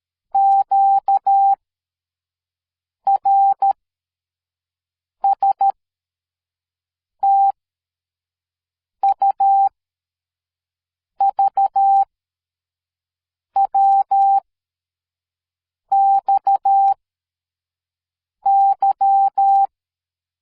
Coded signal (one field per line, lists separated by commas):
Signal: Morse code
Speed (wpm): 13 wpm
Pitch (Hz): 790 Hz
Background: none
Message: Q R S T U V W X Y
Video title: See and hear Morse Code